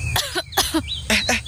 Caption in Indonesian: Aku batuk karena asap itu. Ada yang lagi bakar sampah.